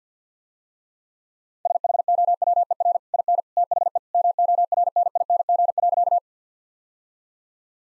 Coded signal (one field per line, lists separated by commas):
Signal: Morse code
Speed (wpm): 50 wpm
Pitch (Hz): 700 Hz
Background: none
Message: SHOWER IN THE MORNING.